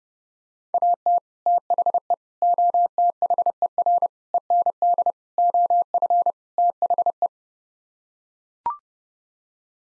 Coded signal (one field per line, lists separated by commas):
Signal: Morse code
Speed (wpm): 30 wpm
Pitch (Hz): 700 Hz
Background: none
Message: AT THE OTHER END OF THE